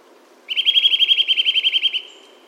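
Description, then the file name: Eurasian nuthatch giving a single fast trill of many even, high piping notes lasting around one and a half seconds, then fading out. "Sitta europaea"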